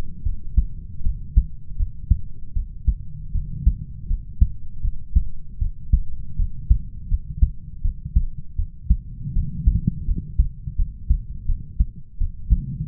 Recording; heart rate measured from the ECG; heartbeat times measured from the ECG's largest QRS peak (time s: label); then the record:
heart sounds by stethoscope; 80 bpm
0.23 s: heartbeat
1.03 s: heartbeat
1.77 s: heartbeat
2.53 s: heartbeat
3.32 s: heartbeat
4.07 s: heartbeat
4.82 s: heartbeat
5.59 s: heartbeat
6.36 s: heartbeat
7.08 s: heartbeat
7.82 s: heartbeat
8.56 s: heartbeat
9.33 s: heartbeat
10.05 s: heartbeat
10.76 s: heartbeat
11.46 s: heartbeat
12.18 s: heartbeat
From the record:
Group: healthy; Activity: rest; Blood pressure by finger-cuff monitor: 91/69 mmHg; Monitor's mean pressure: 75 mmHg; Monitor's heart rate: 81 bpm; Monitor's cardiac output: 5.5 L/min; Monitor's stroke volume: 69 mL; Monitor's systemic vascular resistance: 970 dyn s/cm5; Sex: male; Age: 20 years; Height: 187 cm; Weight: 68.9 kg